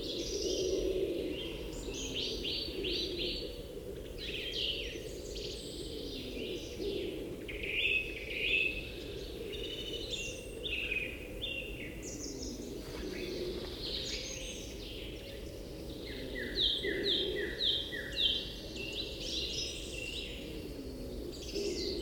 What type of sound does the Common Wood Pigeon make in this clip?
call